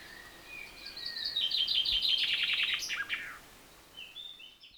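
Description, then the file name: Common chaffinch song, a cascade of quick high notes dropping in steps to a terminal flourish, followed by faint thin notes. "Fringilla coelebs"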